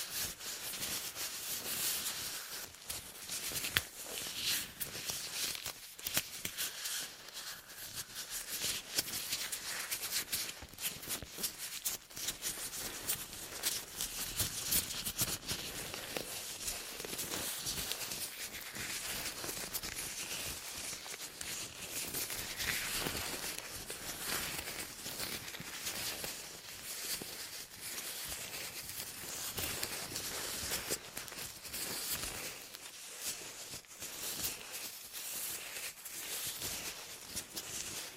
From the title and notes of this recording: Intense Ear Cleaning for Deep Sleep Ultra Detailed Binaural Triggers.